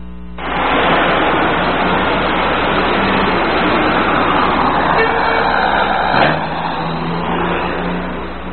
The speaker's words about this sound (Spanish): Al caer la noche, decenas de autobuses de transporte público de la línea urbanos de Oaxaca entraron a la base militar número 15.